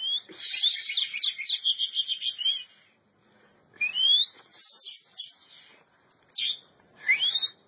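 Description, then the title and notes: Oriental magpie-robin song, a buzzy rapid trill followed after a pause by short rising whistles and slurred notes. Champion bird. "Kicau Burung Kacer Juara. Suara Kicauan Burung Kacer Juara"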